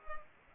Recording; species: mosquito wingbeat signal from an infrared sensor; Culex pipiens